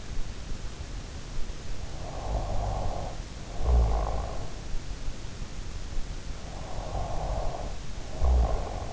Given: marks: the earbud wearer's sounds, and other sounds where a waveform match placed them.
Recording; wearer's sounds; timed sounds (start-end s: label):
sounds in sleep by an in-ear microphone; snoring breath
1.82-4.52 s: snoring breath
6.24-8.93 s: snoring breath